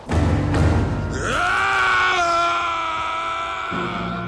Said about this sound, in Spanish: Cuando Mulan estaba arreglando sus cosas para volver a su casa, oyó un grito que provenía de la zona del valle que el alud había arrasado.